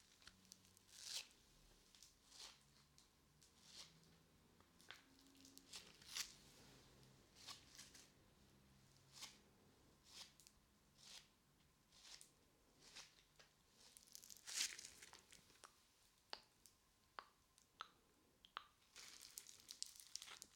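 Play foam being squished and pulled, with sticky, crackly pops and soft tearing sounds. Short bright bursts arrive irregularly, every second or so, with a sharper snap near 15 seconds. A faint low murmur runs underneath throughout.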